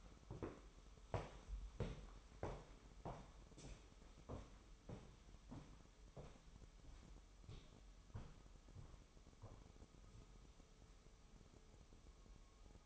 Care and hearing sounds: daily activity, microphone in the room; walk to room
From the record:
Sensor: 1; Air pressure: 988.3 hPa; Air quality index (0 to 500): 197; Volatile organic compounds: 984 ppm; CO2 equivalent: 5268 ppm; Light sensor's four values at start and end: 26/97/37/38 and 26/97/37/39

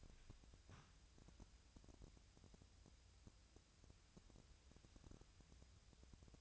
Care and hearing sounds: daily activity, microphone in the room; wipe stove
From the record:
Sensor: 2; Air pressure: 1001.4 hPa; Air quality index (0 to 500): 225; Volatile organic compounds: 24 ppm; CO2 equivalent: 2824 ppm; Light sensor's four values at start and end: 7/26/10/9 and 7/26/10/9

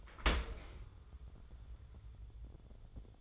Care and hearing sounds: daily activity, microphone in the room; open dishwasher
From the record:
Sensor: 5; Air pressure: 1015.0 hPa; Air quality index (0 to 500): 113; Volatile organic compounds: 2 ppm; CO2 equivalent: 1214 ppm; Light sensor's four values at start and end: 35/80/32/32 and 34/79/32/32

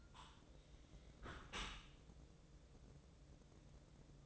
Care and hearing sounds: daily activity, microphone in the room; close dishwasher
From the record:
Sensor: 3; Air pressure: 1012.3 hPa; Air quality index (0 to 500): 166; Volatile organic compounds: 2 ppm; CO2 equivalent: 1268 ppm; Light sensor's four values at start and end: 581/1434/593/597 and 580/1431/592/596

